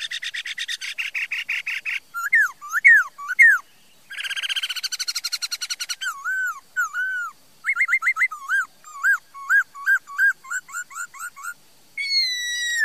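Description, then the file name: Laughingthrush song mixing rapid harsh churring runs with clear slurred whistles, repeated in varied phrases and ending on a high, drawn-out whistle. "Tieng khuou hot"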